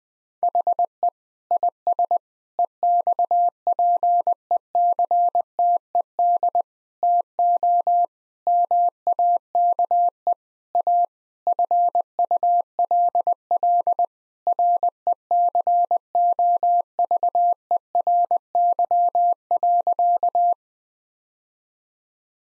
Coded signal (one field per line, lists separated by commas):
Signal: Morse code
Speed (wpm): 21 wpm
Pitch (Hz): 700 Hz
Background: none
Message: HE IS EXPECTED TO MAKE A FULL RECOVERY.